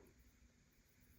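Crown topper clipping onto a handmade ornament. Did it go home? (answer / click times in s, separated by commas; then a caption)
no / none. A metal crown topper is handled and lined up on a handmade Christmas ornament, with faint low rustling and handling noise and no distinct click. The topper has not snapped into place yet.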